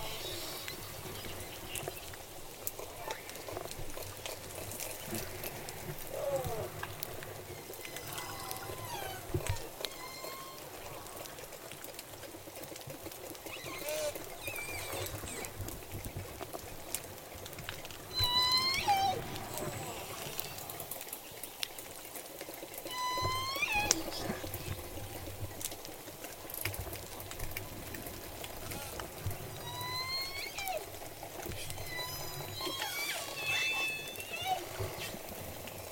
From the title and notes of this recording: Acoustic inference as J pod departs Puget Sound & heads to Canada. Southern Resident Killer Whales into Puget Sound this fall.